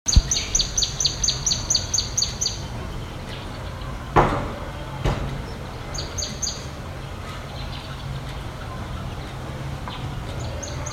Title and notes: Recording of the atmosphere in the Nkolmbong-Nord neighborhood, Émana, Yaoundé 1, Cameroon. September 26, 2024, 10:37 a.m. Sounds captured: what I hear from my window: city noise, wood being struck, various birds singing, gray-backed camaroptera